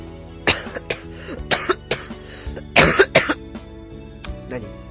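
An adult man coughs repeatedly in a short series of bursts while recovering from a cold that is mostly better.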